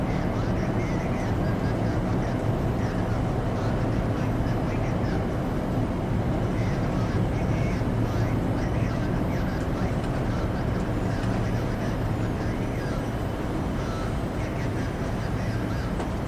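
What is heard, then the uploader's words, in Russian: Inside a space shuttle cabin, a steady low hum and rumble holds constant, with faint chirps and soft flickers scattered high above throughout. Атмосфера Кабины Шаттла. В этом выпуске вы почувствуете нежное гудение и мягкие звуковые сигналы шаттла. Самые спокойные и атмосферные звуки на борту космического шаттла.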